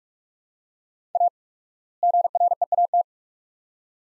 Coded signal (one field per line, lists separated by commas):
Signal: Morse code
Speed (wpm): 42 wpm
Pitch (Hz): 700 Hz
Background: none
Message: A GREAT